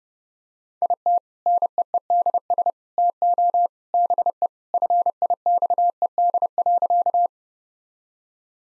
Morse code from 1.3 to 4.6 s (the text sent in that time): NEEDS TO BE